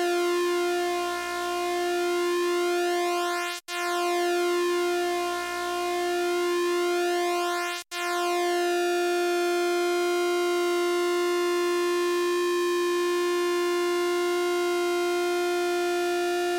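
A steady, buzzy square-wave tone with shimmering, sweeping overtones, cut by two brief silent gaps near 3.5 and 8 seconds.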